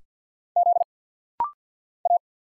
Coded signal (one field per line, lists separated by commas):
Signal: Morse code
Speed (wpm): 45 wpm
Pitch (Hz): 700 Hz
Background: none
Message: Z A